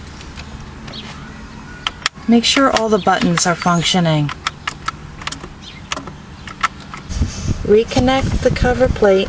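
On a 2003 Xterra, during a control unit backlight bulb replacement, the top edge of the plastic dash cover plate is pressed into the dashboard after the bottom edge, and it snaps home with two sharp clicks at 1.9 and 2.1 seconds. Someone talks, and several more short clicks follow later in the clip.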